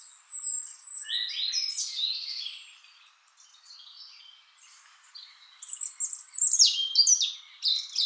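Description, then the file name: European robin delivering two warbling phrases of high, sweet whistles and rapid trills, with a quiet gap of faint notes between them. "Erithacus rubecula"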